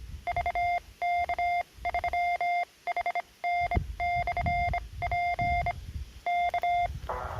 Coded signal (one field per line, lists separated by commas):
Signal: Morse code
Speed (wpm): 26 wpm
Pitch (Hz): 700 Hz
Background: none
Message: VK3HN/P K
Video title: Lightweight 40 & 20m resonant antenna with just 10m of wire